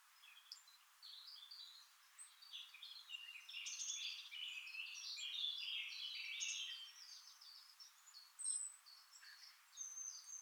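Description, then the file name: Eurasian blackcap warbling softly in a long stream of high scratchy notes, with a few thin, piercing whistles near the end. "Sylvia atricapilla"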